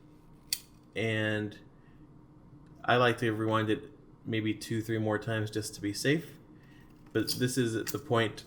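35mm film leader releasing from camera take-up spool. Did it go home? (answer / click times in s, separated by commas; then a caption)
released / 0.5 s. While 35mm film is rewound by hand in a film camera, the film leader pulls free from the take-up spool at the end of the roll with a single sharp click at 0.5 s. Rewinding then continues as someone talks.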